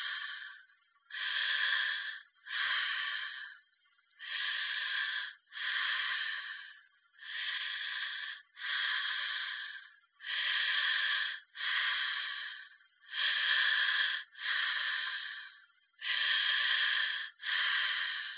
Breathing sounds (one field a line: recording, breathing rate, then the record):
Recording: paced breathing near a phone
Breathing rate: 20 breaths a minute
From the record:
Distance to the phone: 20 cm